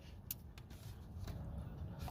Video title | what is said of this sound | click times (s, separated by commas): 2010 & 2005 Prius | so that's how you unlock this after you you squeeze it together and it locks in place | 0.3 s